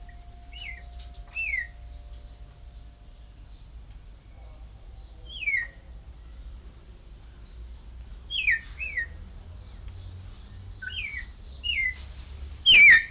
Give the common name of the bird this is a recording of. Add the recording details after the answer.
Greater Vasa Parrot. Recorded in captivity. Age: adult. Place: Zoo Berlin, Berlin, DE. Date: 1993-06-05 10:24. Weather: 20-25°C, sonnig. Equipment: Marantz CP 430, Sennheiser ME 80, Kopie Uher Variocord 263. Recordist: Tembrock, Günter. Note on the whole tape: 2 Tiere, eines Abwehrlaute, das andere verschiedene Lautformen, dann Rufreihe auch an Bruthöhle; 5-1 m